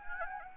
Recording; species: mosquito wingbeat signal from an infrared sensor; Anopheles gambiae